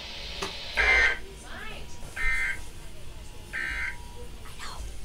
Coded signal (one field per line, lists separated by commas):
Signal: Emergency Alert System (SAME) tones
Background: speech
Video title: (EAS TRIPLE HEADER) EAS # 49, #50, #51. SVR, SMW, FFW 5/12/14